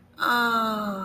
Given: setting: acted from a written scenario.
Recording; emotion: vocal sound without words; ecstasy